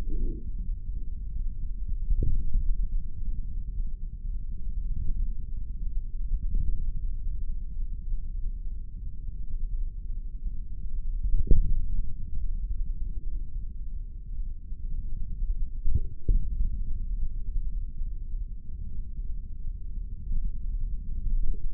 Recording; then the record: forearm muscle sounds (acoustic myography)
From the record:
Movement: index flexion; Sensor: system 3, bracelet of six PUI Audio POM-2738L microphones around the upper forearm, with dedicated amplification and filtering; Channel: 4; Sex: male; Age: 55 years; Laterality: right